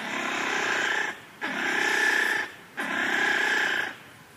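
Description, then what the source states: Japanese giant flying squirrel calls: three long, harsh, rasping screeches, each lasting about a second, separated by brief pauses. Recorded on 16 May 2010 at 02:53.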